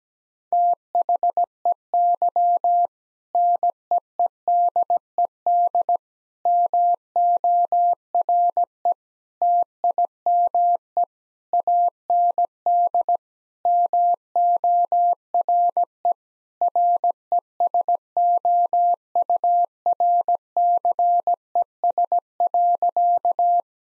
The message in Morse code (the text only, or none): THEY NEEDED MORE TIME AND MORE RESOURCES.